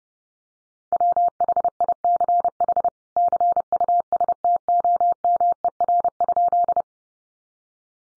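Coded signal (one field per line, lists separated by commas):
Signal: Morse code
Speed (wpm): 30 wpm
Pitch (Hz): 700 Hz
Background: none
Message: WHICH CUSTOMER?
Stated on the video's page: Practice sentences from the top 1100 words sent in Morse at 30 wpm, each sent twice for head-copy training.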